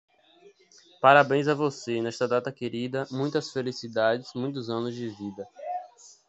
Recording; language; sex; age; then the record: short text; Brazilian Portuguese; male; 20 to 29 years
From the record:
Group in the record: control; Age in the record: 21 years